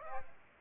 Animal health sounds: mosquito wingbeat signal from an infrared sensor; Aedes aegypti

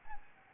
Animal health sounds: mosquito wingbeat signal from an infrared sensor; Anopheles arabiensis

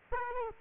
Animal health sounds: mosquito wingbeat signal from an infrared sensor; Aedes aegypti

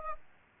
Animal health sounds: mosquito wingbeat signal from an infrared sensor; Aedes aegypti

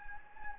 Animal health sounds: mosquito wingbeat signal from an infrared sensor; Anopheles gambiae

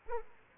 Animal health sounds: mosquito wingbeat signal from an infrared sensor; Aedes aegypti

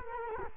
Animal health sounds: mosquito wingbeat signal from an infrared sensor; Culex quinquefasciatus

